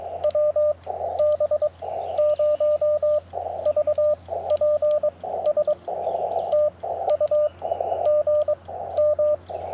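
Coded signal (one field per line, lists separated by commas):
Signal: Morse code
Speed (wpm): 22 wpm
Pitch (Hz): 1200 Hz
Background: radio noise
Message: WB0VPS TU GM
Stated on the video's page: CW POTA activation in a national forest using a Yaesu FT-891, Modern Morse paddles and a Chelegance MC-750 antenna.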